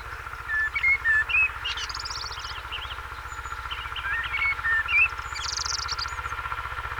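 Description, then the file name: Common blackbird delivering two phrases, low mellow whistles that end in bursts of high chattering squeaks, against a steady droning hum. "Turdus merula"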